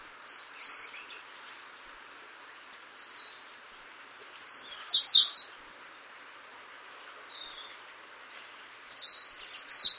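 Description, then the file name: European robin delivering three separate bursts of high, jangling, tumbling notes about four seconds apart, with quieter stretches and soft hiss between them. "Erithacus rubecula"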